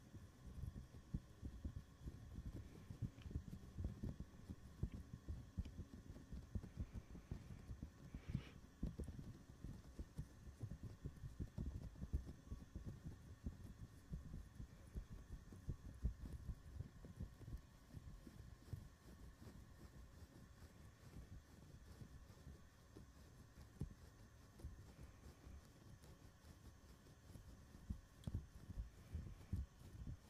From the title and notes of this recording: ASMR mic touching // fuzzy cover, foam cover, bare mic //.